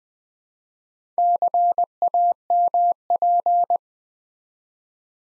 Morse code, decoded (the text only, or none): CAMP